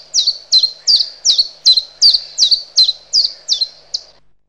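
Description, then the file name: Common chiffchaff song: a steady run of high, sharply falling notes, about two and a half per second, eleven in all, with a faint low hum underneath. "Zilpzalp"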